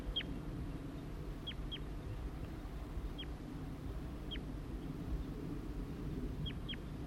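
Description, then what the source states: Crossbill begging calls: short, sharp downslurred notes, single or in pairs, spaced a second or two apart over a steady low rumble. Crossbill family: juvenile giving loud begging calls with the female, male nearby; in Table Mountain pines.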